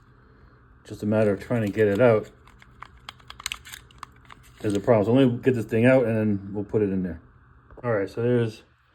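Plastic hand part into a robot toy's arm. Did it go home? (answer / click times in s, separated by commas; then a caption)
no / none. Someone talks while handling a plastic hand piece that fits into the arm of a Transformers Power of the Primes Predaking combining robot figure, with a cluster of faint plastic clicks and taps between about 2.8 and 4.0 seconds. The hand is being worked out and lined up with the tabs, and nothing has seated or snapped in yet.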